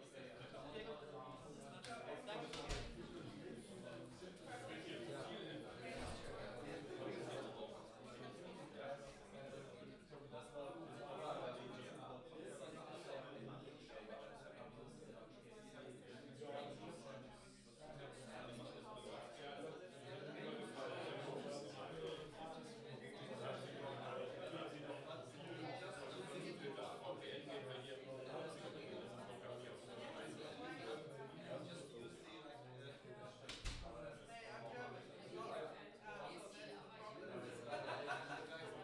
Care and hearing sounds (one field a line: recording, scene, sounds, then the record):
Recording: everyday scene through a hearing-aid microphone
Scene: many people talking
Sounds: many voices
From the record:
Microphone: in the ear canal, left